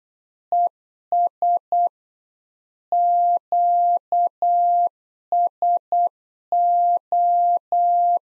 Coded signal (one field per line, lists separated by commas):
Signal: Morse code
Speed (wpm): 8 wpm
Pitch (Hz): 700 Hz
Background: none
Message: ES QSO